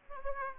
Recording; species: mosquito wingbeat signal from an infrared sensor; Aedes aegypti